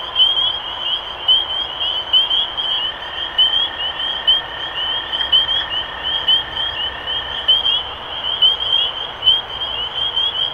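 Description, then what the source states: Spring peepers calling in a dense chorus, sharp rising peeps overlapping constantly, with a steady lower tone through the middle seconds. Recorded 23 March 2012.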